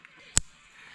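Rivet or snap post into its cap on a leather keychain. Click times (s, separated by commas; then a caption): 0.4 s. Keychain hardware, a rivet or snap post pressed into its cap on a leather keychain, is pushed together while several keychains are being prepped at once. A faint tap comes near 0.05 seconds, then a sharp, bright click at 0.4 seconds as the hardware snaps into place. The click shows the parts have seated and hold the piece together.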